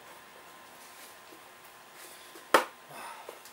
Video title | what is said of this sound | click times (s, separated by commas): How To Swap The Frame On Your Stihl Backpack Blower BR700 BR600 BR550 BR500 | we'll snap into place wonderful | 2.5 s